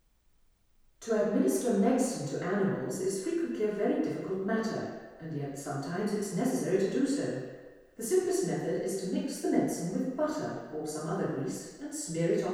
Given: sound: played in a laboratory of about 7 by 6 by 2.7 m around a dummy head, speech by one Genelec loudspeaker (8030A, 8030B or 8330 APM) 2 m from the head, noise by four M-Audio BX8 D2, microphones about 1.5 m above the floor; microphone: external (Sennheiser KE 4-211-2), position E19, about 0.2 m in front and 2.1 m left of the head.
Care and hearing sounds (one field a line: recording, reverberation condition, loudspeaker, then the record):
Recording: female speech in English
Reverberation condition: high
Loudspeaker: in front (0 degrees)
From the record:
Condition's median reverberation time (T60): about 1300 ms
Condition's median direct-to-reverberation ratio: about -4.0 dB